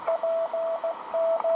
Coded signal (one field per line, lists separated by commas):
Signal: Morse code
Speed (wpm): 16 wpm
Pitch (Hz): 660 Hz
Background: radio noise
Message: PN